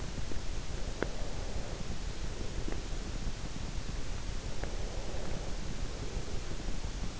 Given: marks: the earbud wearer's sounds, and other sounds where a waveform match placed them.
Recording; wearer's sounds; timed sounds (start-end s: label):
sounds in sleep by an in-ear microphone; breath
0.64-3.31 s: breath
4.41-7.20 s: breath